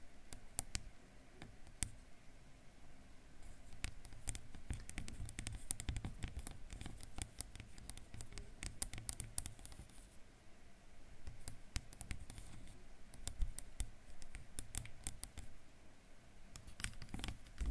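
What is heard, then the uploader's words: Crisp fingertip tapping on a camera body, in quick irregular bursts of sharp clicks over a soft low rumble. ASMR Camera Tapping.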